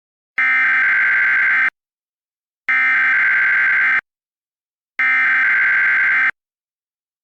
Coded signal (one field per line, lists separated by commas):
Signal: Emergency Alert System (SAME) tones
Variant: header bursts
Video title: Emergency Alert System Test